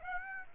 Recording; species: mosquito wingbeat signal from an infrared sensor; Aedes aegypti